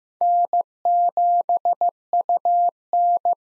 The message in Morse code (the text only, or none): N7UN